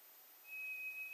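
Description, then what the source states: White's thrush giving a single long, level, thin whistle at a high pitch against quiet background hiss. Recorded 2 July 2007.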